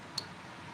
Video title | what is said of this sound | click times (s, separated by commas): Kawasaki FE290D Full Engine Rebuild — Live & Unedited | space that we need for it now like I said on the other one it's not all the way in | 0.2 s